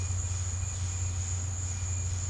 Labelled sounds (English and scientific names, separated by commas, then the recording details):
none
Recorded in pastures near Puerto Asís, Putumayo, Colombia, on 15 December 2024 at 13:00
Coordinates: 0.502, -76.324
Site G077